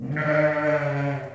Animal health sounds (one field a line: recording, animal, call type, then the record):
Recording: contact call of a hoofed animal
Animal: sheep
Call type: low-frequency (closed-mouth) or high-frequency (open-mouth) call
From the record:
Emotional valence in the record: negative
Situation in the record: short social isolation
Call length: 1.35 s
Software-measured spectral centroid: 1450 Hz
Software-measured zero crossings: 1370 a second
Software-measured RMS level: -24 dBFS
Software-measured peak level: -7 dBFS